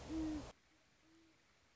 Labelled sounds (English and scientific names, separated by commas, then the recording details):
Great Horned Owl (Bubo virginianus)
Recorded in Sonoma County, California